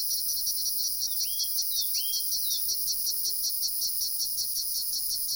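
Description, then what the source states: Cicada call: a loud, shrill, rapidly pulsing buzz held steadily throughout, with two short rising bird whistles in the middle. Recorded at Jomsom, Nepal.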